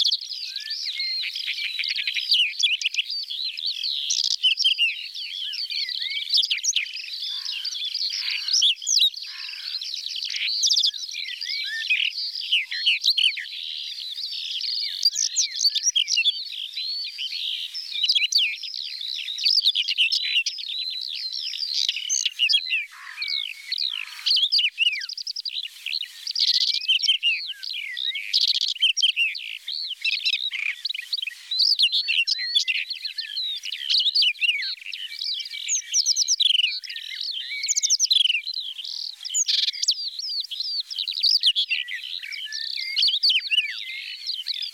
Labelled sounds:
Whinchat (Saxicola rubetra) song

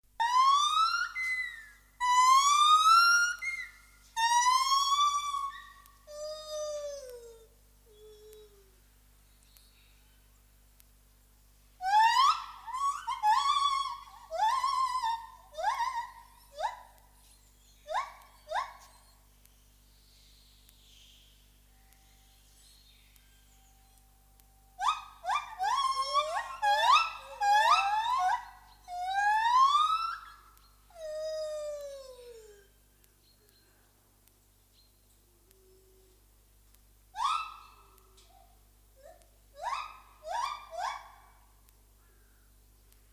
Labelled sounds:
Lar Gibbon (Hylobates lar) call

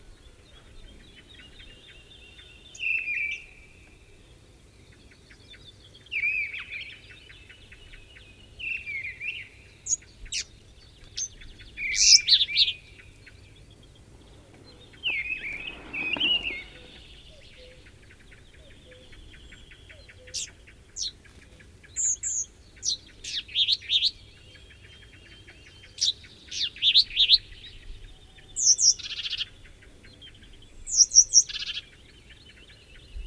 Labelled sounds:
Sombre Tit (Poecile lugubris)

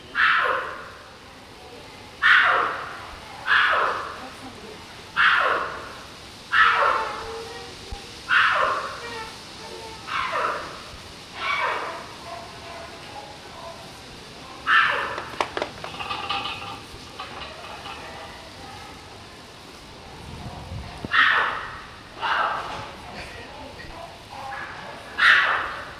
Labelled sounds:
Collared Mangabey (Cercocebus torquatus) call

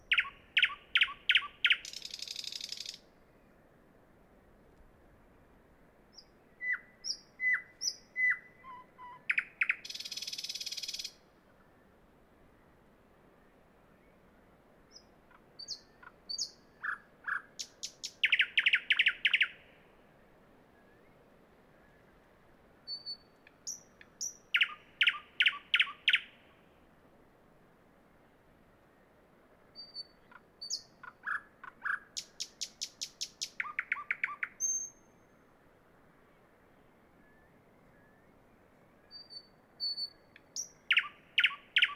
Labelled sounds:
Thrush Nightingale (Luscinia luscinia) song

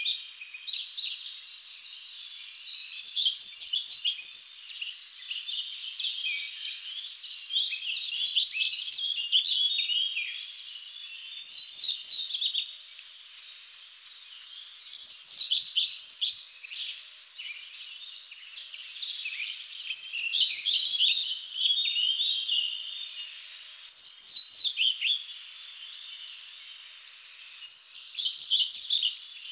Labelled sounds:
European Pied Flycatcher (Ficedula hypoleuca) song

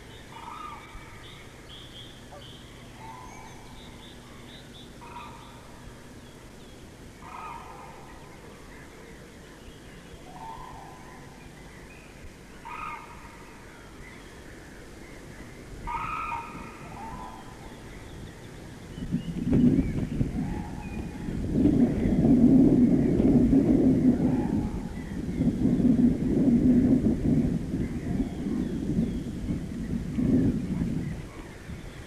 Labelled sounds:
Common Crane (Grus grus) call

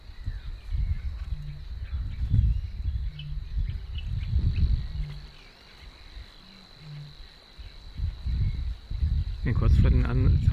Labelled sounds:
Eurasian Reed Warbler (Acrocephalus scirpaceus) song

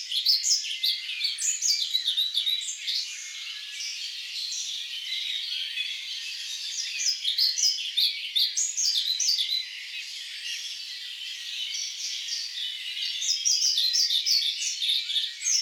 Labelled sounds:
European Pied Flycatcher (Ficedula hypoleuca) song

